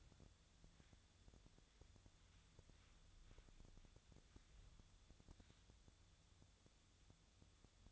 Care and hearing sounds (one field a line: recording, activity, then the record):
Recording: daily activity, microphone in the room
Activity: wipe stove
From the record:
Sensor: 3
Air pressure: 1004.8 hPa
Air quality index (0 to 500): 74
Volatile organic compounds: 2 ppm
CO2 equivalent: 1118 ppm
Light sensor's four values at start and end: 8/19/8/7 and 8/19/8/7